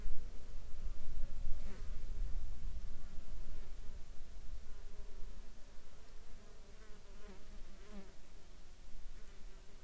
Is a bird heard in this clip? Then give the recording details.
no. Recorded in the Arctic National Wildlife Refuge, Alaska, on 10 July 2021 at 15:20. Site 41